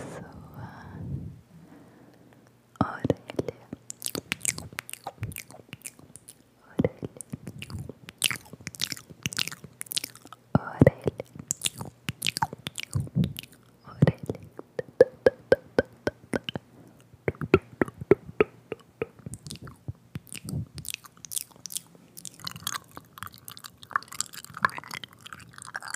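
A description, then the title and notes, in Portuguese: Intense wet mouth sounds, made of quick clicks, smacks and crunchy bites that come in dense, irregular bursts. Short pauses break up the activity, and a few soft breathy whispers slip in between. A low, steady hum runs underneath throughout. ASMR intenso com sons de boca molhados.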